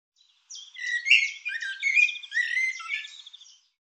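Bird giving one continuous three-second run of tumbling chirps and short warbled notes, some sliding up and down; no other sounds.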